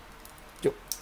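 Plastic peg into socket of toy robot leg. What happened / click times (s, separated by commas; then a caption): A small plastic peg snapped into its socket / 0.9 s. A black plastic peg on the leg of a Takaratomy GT-01 GT-R Prime transforming robot toy is lined up with a hole in a clear plastic part and pushed in hard until tight. A dull low rub of plastic sounds around 0.65 s, then a sharp, bright snap at 0.9 s as the peg seats firmly in the socket.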